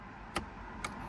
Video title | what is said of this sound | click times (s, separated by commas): Replace Start-Stop Button - MK7 Golf R / GTI Golf | give that a nice push and you'll hear it click through to the tabs | 0.4 s, 0.8 s